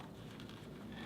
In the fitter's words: All right, so it's hooked onto my belt, locked into place,